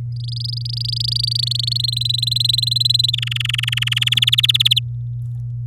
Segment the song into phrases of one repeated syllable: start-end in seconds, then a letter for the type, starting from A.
0.12-1.77 A, 1.79-3.11 B, 3.13-4.09 C, 4.11-4.79 D